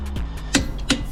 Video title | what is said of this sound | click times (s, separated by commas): How to Install Wheel Spacers: Proper Wheel Spacer Installation Guide and Tips - Mercedes A45s Amg | Click. Click. | 0.6 s, 0.9 s